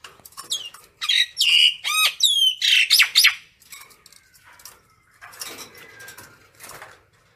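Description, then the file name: Common myna calls: a burst of loud squawks, gurgles and curling whistles, followed by quieter scattered chatter and rasps. Calling the flock. "Tieng sao nau goi bay"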